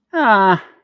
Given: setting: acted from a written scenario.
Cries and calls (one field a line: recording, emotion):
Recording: vocal sound without words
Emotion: disappointment